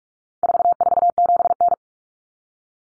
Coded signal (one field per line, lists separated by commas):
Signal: Morse code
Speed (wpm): 44 wpm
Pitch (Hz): 700 Hz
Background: none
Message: 447N